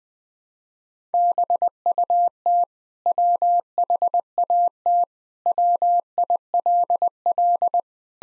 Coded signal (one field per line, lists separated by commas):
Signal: Morse code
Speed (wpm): 20 wpm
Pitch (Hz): 700 Hz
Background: none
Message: BUT WHAT WILL